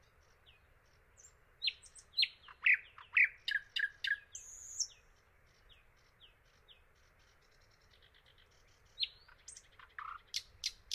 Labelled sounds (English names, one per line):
Thrush Nightingale song